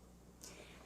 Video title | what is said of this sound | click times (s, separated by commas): Ninja Pulse Blender: Assembly | until you hear it lock into place | 0.4 s